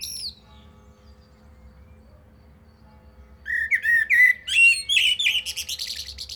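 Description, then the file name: Common blackbird giving a short high note, then a pause, then a long warbled phrase of fluty whistles. The phrase becomes faster, higher twittering toward the end. "Turdus merula"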